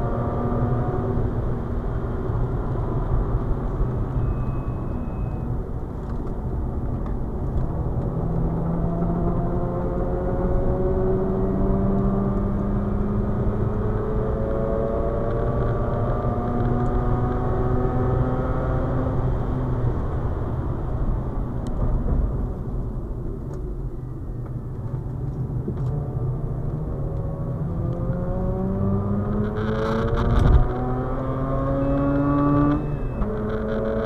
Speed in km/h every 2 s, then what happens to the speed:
134, 111, 93, 95, 105, 115, 127, 138, 148, 128, 77, 49, 47, 58, 77, 92, 102.
0-5 brakes to 93. 5-17 speeds up to 148. 17-23 brakes to 47. 23-34 speeds up to 102.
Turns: 3-10, 21-27.